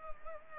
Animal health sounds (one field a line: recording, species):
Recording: mosquito wingbeat signal from an infrared sensor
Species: Culex pipiens